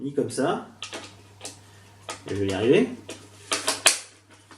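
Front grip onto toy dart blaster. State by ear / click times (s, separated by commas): seated / 3.5 s, 3.7 s, 3.9 s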